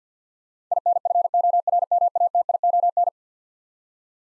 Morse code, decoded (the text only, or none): INFORMATION